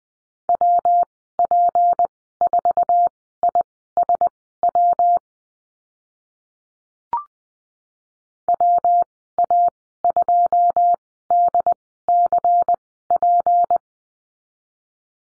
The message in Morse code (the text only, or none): WP4ISW WA2DCP